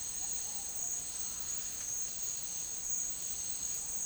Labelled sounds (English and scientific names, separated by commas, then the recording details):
none
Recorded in dense forest near Puerto Asís, Putumayo, Colombia, on 8 March 2025 at 12:00
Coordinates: 0.484, -76.317
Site G064